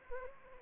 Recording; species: mosquito wingbeat signal from an infrared sensor; Anopheles arabiensis